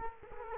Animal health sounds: mosquito wingbeat signal from an infrared sensor; Culex quinquefasciatus

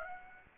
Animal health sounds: mosquito wingbeat signal from an infrared sensor; Aedes aegypti

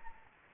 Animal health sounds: mosquito wingbeat signal from an infrared sensor; Anopheles arabiensis

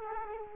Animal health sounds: mosquito wingbeat signal from an infrared sensor; Culex quinquefasciatus

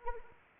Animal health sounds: mosquito wingbeat signal from an infrared sensor; Anopheles arabiensis

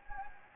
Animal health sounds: mosquito wingbeat signal from an infrared sensor; Anopheles gambiae

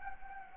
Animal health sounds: mosquito wingbeat signal from an infrared sensor; Anopheles gambiae

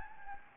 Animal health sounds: mosquito wingbeat signal from an infrared sensor; Anopheles gambiae

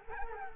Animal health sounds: mosquito wingbeat signal from an infrared sensor; Culex quinquefasciatus

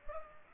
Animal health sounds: mosquito wingbeat signal from an infrared sensor; Culex pipiens

